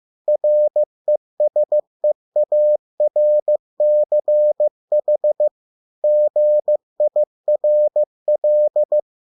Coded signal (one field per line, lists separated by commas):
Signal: Morse code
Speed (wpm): 15 wpm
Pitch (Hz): 600 Hz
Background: none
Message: RESEARCH GIRL